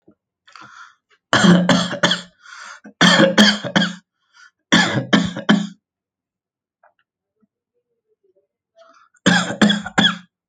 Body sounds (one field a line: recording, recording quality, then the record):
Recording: shallow voluntary cough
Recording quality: excellent, no background noise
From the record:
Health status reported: healthy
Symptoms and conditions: diabetes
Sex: male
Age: 48 years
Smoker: not ticked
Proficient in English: yes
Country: India